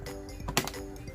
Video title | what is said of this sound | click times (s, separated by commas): 시골촌동네 가게 처음으로 인텔 11세대 i7-11700 조립해봤어요 🤩 사무용+포토샵 작업용 컴퓨터 - 시골촌동네가게 평택 바로컴퓨터 Vlog 일상 | 꽂고 눌러서 딱 소리가 나게 넣어주면 됩니다. | 0.6 s